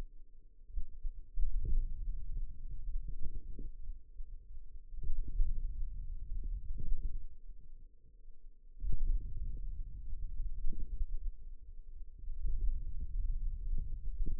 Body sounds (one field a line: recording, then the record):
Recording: forearm muscle sounds (acoustic myography)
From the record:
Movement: hand opening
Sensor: system 2, bracelet of six BSWA MPA416 microphones around the upper forearm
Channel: 4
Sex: female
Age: 21 years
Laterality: right